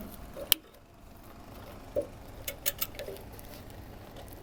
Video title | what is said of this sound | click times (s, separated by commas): Outside Mount Motorized Screen Installation - Step-by-Step Guide | And when you hear that click, you know that the motor side is securely fastened. | 0.5 s